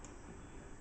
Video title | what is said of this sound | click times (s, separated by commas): 100 0471 00 | now you'll know you have it in right because you're going to hear it click | 0.1 s